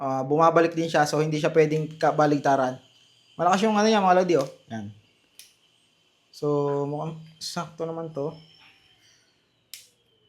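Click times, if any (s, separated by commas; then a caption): 9.7 s. Someone talks while fitting a mount into a SmallRig 4119C sports action camera cage for DJI. After a pause, the mount catches with a short, sharp click at 9.7 s, engaging in the cage.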